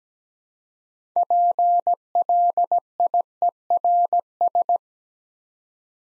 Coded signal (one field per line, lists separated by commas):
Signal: Morse code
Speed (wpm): 17 wpm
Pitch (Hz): 700 Hz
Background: none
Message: PLIERS